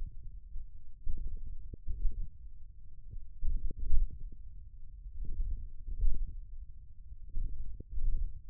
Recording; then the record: forearm muscle sounds (acoustic myography)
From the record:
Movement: hand closing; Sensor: system 1, eight BSWA MPA416 microphones around the upper forearm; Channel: 6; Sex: male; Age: 28 years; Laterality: right